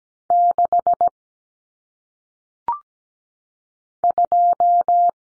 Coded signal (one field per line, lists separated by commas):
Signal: Morse code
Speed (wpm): 17 wpm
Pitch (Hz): 700 Hz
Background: none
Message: 6 2